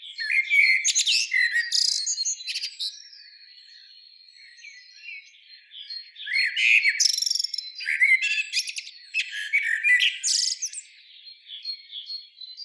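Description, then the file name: Common blackbird uttering several clusters of harsh, squeaky chatter and sharp chirps, broken by quieter gaps where a level high-pitched tone carries on. "Turdus merula"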